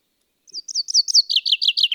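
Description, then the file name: Common chaffinch song phrase, a fast run of sweet repeated notes stepping downward in pitch, growing louder and cut off abruptly at the end. "Fringilla coelebs"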